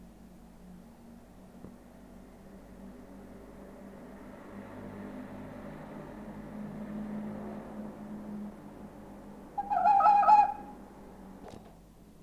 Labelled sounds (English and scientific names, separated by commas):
Red Fox (Vulpes vulpes)